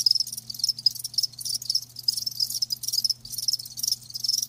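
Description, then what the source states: Crickets chirping in a dense, continuous high-pitched chorus of rapid pulses, with a faint steady low hum underneath. Live crickets chirping, a lulling song.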